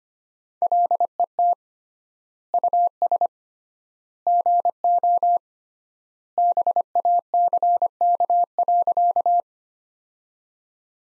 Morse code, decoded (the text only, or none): LET US GO BACK.